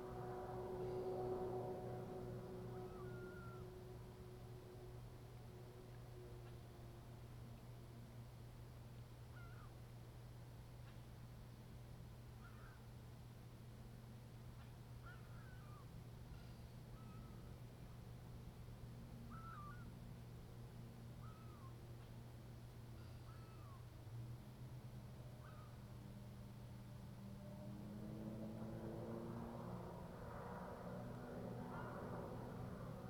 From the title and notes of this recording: Soundscape recordings made in the Eastern part of Parry Sound District of Ontario or what is locally known as the Almaguin Highlands. Inside that bird feeder was an audio recorder that captured the overnight soundscapes of spring.